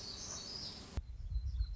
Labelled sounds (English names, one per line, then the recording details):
Black-throated Gray Warbler
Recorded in Sonoma County, California